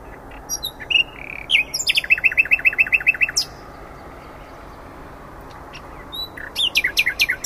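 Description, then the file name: Common nightingale song: scattered sharp notes, then a rapid run of bright repeated notes, a pause, and another fast chattering burst. "Luscinia megarhynchos"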